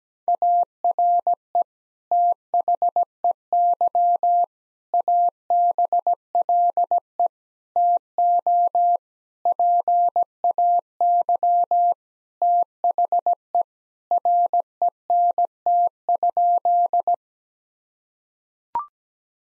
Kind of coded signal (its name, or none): Morse code